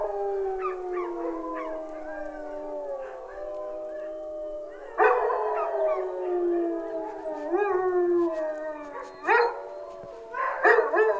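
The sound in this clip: Wolf: several wolves howl together in long falling tones, with louder short yips near the middle and end.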